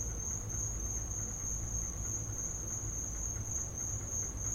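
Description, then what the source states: Crickets trilling in a steady, unbroken high-pitched chorus that holds one even pitch throughout, over a constant low rumble. Crickets in the recordist's back yard; field recording.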